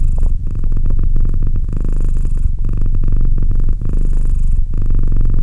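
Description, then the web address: Domestic cat purr, rough rolling rumble, faint breathy hiss on each inhale about every two seconds. "Cat Purr 201308 Cat purr"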